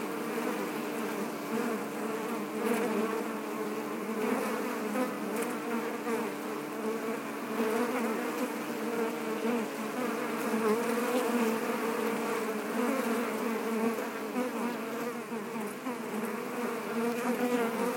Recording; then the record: honeybee colony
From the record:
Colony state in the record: active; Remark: normal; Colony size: 10,000 bees